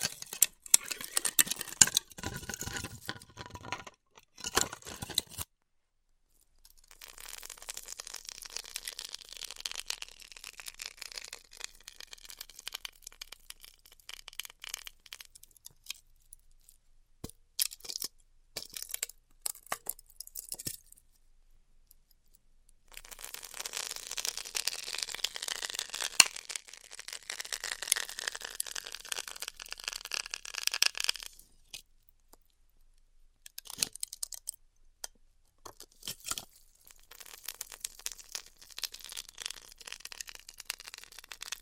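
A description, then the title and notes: Styrofoam being heat cut, heard as bursts of hissing, crackling scratchy sound with little low end, running several seconds at a time. Quiet gaps break it up near 6, 22 and 32 seconds, and sharp isolated clicks and cracks pop out between passes. ASMR Styrofoam Heat Cutting (No Talking).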